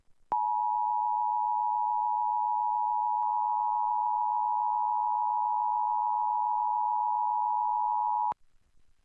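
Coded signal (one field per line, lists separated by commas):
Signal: Emergency Alert System (SAME) tones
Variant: 853 and 960 Hz attention tone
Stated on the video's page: Required monthly test from a Lansing, Michigan CBS TV affiliate.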